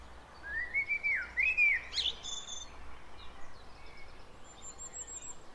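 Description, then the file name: Common blackbird delivering a slurred, fluty warble of two rising-falling notes that breaks into a sharp high squeak; a faint thin whistle follows. "Turdus merula"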